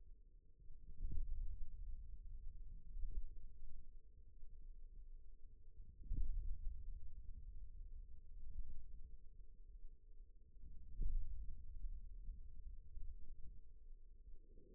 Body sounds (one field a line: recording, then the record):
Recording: forearm muscle sounds (acoustic myography)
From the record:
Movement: ulnar deviation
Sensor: system 2, bracelet of six BSWA MPA416 microphones around the upper forearm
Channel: 4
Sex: male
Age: 22 years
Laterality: right